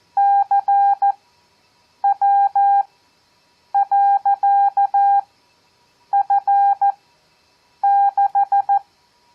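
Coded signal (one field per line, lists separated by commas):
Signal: Morse code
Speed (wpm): 14 wpm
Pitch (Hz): 800 Hz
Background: none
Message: CW.F6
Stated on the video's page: Receiving practice of random five-character groups at 14 WPM with Farnsworth spacing at 7 WPM, audio only.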